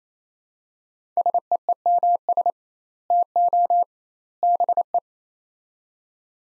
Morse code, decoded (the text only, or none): SEEMS TO BE